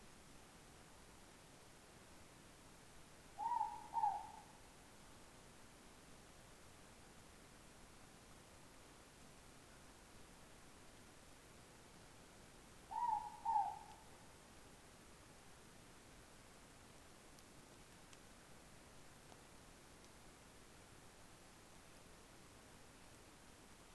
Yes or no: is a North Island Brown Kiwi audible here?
no